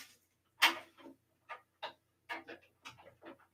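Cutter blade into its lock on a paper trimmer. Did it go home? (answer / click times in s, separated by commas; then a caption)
yes / 0.6 s. After trimming a stack of comic books, the cutter blade on a paper trimmer is brought back up until it clicks into its locked position, the click being the sign that it is locked. The loudest, sharpest click comes at 0.6 s, followed by a series of quieter short bursts through the rest of the clip. The blade is seated in its lock.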